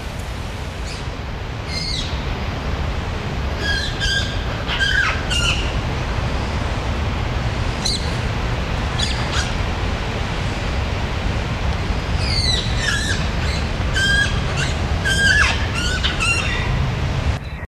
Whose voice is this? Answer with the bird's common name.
Eurasian Magpie